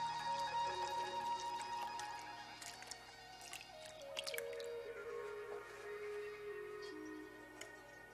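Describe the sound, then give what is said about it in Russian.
Milk pours from a carton into a bowl standing on a dark floor in a house, in a steady, quiet trickle with scattered drips and small splashes, running for several seconds with no voices. “Жена сталкера наливает из пакета молоко в миску, стоящую на темном полу.”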